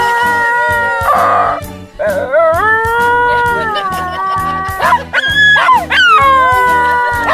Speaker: Have you ever wondered what a bunch of Basenji sound like when they get together?